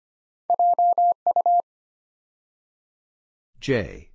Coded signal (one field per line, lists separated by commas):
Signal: Morse code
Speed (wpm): 25 wpm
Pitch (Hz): 700 Hz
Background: none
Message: JU